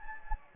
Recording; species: mosquito wingbeat signal from an infrared sensor; Anopheles gambiae